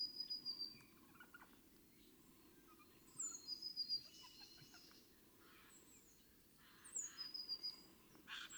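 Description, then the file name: Eurasian blue tit song: faint high trilled phrases, each a short run of rapid notes, heard three times among other soft bird calls. "Cyanistes caeruleus"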